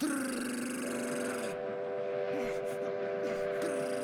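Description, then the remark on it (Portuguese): A train rumbles steadily along the tracks while its horn blares a long, sustained multi-tone blast, loud and continuous throughout the few seconds. “Sai dessa porcaria de trilho, Ted. Tá querendo se matar, é isso?”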